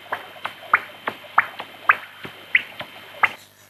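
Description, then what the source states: Common noctule echolocation calls as heterodyne clicks in a series, alternating lower and higher pulses. Heard through a heterodyne detector; long flat and steep calls alternate low and high, so the bat can tell which call's echo returned; the flat call gauges flight speed.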